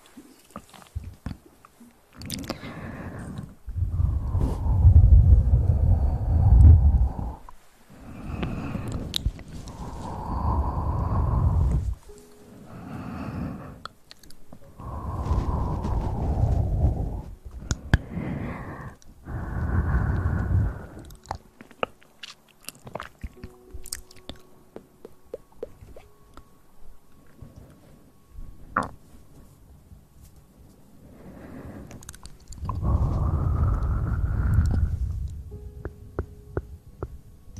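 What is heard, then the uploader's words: Mouth sounds close to the mic: loud, rumbling bursts like breath or blowing come in waves, around 2–7, 9–12, 14–21 and 32–36 seconds. Between them, softer wet clicks and smacking noises, like chewing, fill quieter gaps, especially from 22 to 31 seconds. Sounds close to the mouth!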